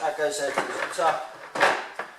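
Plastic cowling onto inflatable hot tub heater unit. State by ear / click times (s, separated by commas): seated / 2.0 s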